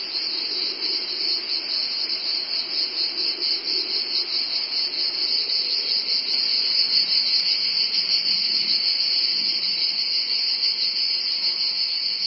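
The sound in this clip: Cicada droning in a steady, high, shrill buzz that holds without a break, with slight swells in loudness.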